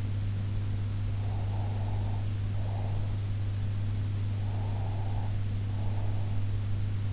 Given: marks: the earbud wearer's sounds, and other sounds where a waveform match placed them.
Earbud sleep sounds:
sounds in sleep by an in-ear microphone; breath
1.15-3.24 s: breath
4.37-6.57 s: breath

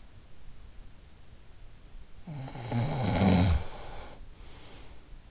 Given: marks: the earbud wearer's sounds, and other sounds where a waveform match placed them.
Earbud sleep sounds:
sounds in sleep by an in-ear microphone; snoring breath
1.99-5.01 s: snoring breath

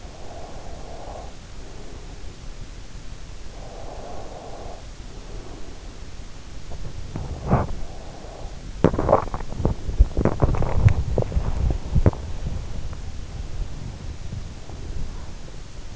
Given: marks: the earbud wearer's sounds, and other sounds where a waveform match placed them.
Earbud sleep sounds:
sounds in sleep by an in-ear microphone; breath, body movement, swallowing, teeth grinding
0.07-2.20 s: breath
3.53-6.18 s: breath
6.37-15.96 s: body movement
8.66-9.37 s: swallowing
9.54-12.29 s: teeth grinding

